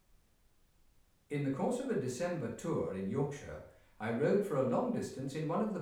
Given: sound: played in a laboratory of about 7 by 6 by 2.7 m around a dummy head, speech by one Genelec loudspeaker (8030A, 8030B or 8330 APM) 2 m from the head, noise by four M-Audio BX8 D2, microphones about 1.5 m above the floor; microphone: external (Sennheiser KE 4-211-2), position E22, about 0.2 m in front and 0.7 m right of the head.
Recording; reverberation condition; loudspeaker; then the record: male speech in English; medium; 90 degrees to the left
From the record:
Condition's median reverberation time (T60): about 510 ms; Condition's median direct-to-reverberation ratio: about -0.5 dB